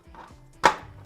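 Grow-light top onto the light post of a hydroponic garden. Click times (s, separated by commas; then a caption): 0.7 s. The top of a LetPot hydroponic garden's grow-light fixture, which carries the USB connection, is pushed down onto the plastic light post. A soft low rustle comes first, then a sharp bright snap at 0.7 s. The top snaps into place and is seated.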